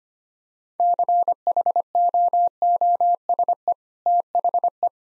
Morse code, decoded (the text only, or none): CHOOSE THE